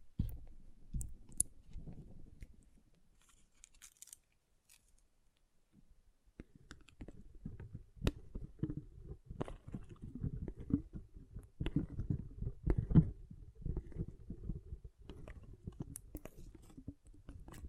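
Water beads squish and roll together in a dense, low, wet clatter, with occasional brighter clicks. The first four seconds stay active, then it falls almost silent until about six seconds, after which the squelching resumes, busier and louder toward the end.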